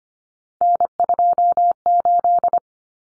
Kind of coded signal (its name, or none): Morse code